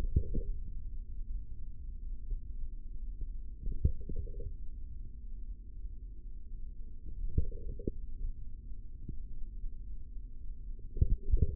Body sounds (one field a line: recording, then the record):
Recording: forearm muscle sounds (acoustic myography)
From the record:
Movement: tripod grip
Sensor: system 3, bracelet of six PUI Audio POM-2738L microphones around the upper forearm, with dedicated amplification and filtering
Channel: 5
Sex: male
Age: 25 years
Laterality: right